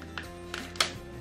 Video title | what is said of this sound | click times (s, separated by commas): MARS FLAVIA Aroma Brewer UNBOXING & FIRST IMPRESSION REVIEW - Our 1st COFFEE, TEA, HOT CHOCO BREWER | there you will hear click | 0.8 s